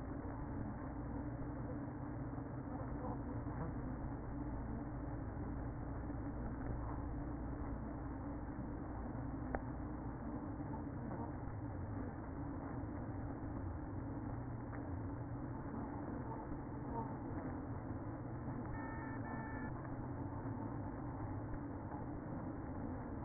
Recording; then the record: honeybee colony, microphone inside the hive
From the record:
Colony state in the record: queen present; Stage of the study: after two queens were removed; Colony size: about 60,000 bees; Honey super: yes